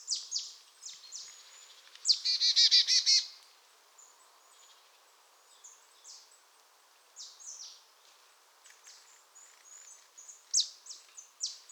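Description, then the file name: Marsh tit calls: sharp high notes, then a quick buzzy run of rapid notes lasting about a second, followed by scattered thin calls. "Poecile palustris"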